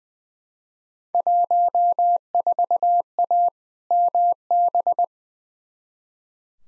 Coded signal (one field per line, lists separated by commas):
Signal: Morse code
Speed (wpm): 21 wpm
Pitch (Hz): 700 Hz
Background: none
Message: 14A MB